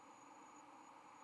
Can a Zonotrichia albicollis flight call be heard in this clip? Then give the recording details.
no. No flight call is heard. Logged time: 05:13 on 13 November 2014